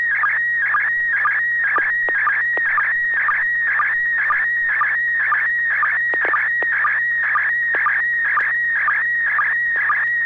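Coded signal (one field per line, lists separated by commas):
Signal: SSTV (slow-scan television)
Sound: steady warbling, buzzy tone with a short lower click about twice per second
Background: low steady hum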